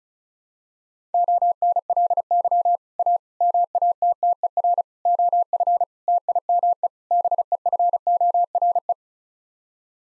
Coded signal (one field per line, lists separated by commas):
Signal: Morse code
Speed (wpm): 34 wpm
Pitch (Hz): 700 Hz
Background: none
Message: ONLY A MATTER OF TIME BEFORE